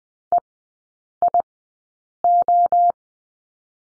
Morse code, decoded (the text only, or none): EIO